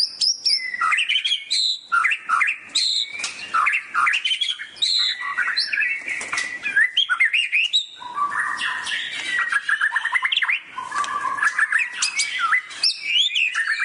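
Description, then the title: Oriental magpie-robin in continuous varied song: clear whistles, quick chirps and scratchy trills flowing without a break. "Kicau Kacer"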